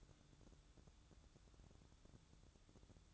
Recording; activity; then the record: daily activity, microphone in the room; take from stove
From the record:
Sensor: 3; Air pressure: 1008.1 hPa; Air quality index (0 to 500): 128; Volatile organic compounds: 2 ppm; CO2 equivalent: 1059 ppm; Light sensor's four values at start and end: 9/21/8/8 and 9/21/8/8